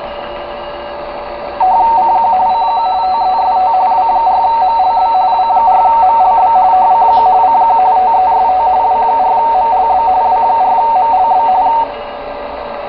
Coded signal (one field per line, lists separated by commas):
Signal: RTTY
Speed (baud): 45.45 baud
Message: CQ CQ TEST W4MLB W4MLB CQ CQ TEST W4MLB W4MLB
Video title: Tecsun PL-660: RTTY 14.090 W4MLB PLATINUM COAST AMATEUR RADIO SOCIETY